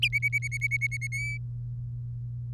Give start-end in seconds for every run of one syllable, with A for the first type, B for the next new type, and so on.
0.02-1.07 A, 1.12-1.37 B